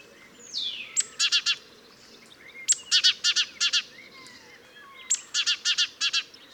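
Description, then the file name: Great tit calling: a thin high note followed by a rapid burst of harsh, buzzy chattering notes, repeated three times about every two seconds, with soft background noise. "Parus major"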